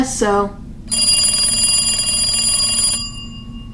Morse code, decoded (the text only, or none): none